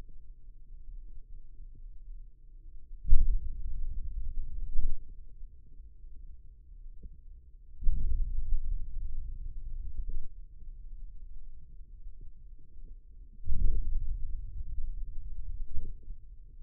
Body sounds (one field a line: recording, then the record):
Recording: forearm muscle sounds (acoustic myography)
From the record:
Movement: hand opening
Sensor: system 2, bracelet of six BSWA MPA416 microphones around the upper forearm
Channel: 4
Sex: male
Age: 22 years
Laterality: right